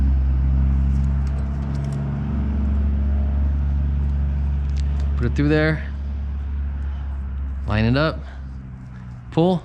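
A wiper blade adapter has been fed through the hook of a windshield wiper arm and is being lined up, but it has not been pulled home, and nothing has seated or clicked yet. Someone talks over a steady low hum, with a brief faint tick at 4.8 s.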